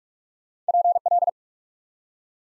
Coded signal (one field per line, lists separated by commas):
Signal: Morse code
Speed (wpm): 44 wpm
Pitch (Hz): 700 Hz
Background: none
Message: PL